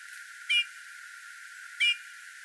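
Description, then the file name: Eurasian bullfinch calls: two brief, mellow whistled notes just over a second apart over faint steady hiss. "Pyrrhula pyrrhula"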